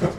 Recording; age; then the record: pig call; growing-finishing pig (85 days or more)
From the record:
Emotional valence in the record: positive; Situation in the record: run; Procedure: transit